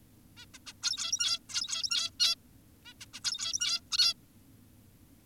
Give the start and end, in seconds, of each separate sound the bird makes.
0.37-0.46, 0.54-0.58, 0.67-0.73, 0.83-1.39, 1.50-2.10, 2.20-2.35, 2.86-2.94, 3.00-3.06, 3.14-3.20, 3.24-3.80, 3.92-4.14